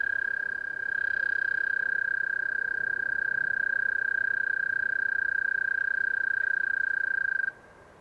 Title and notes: A single Eastern American Toad (the long trilling sound) recorded at 9:20pm on April 30, 2015 on west Dyke Marsh behind River Towers